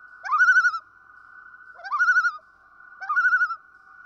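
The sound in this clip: Common loon producing three tremulous notes, each a quick rising swoop into a vibrating, warbling tone, set against a constant humming tone.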